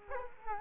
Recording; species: mosquito wingbeat signal from an infrared sensor; Culex quinquefasciatus